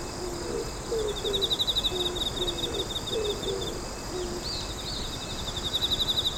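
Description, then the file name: Pigeon cooing in short low notes while a pulsing high insect trill runs through the background. "bird pigeon"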